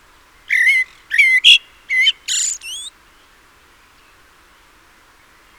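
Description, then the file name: Common blackbird calls: a short burst of sharp, squeaky notes with bending pitch, about six in quick succession, then silence with a faint note at the end. "Turdus merula"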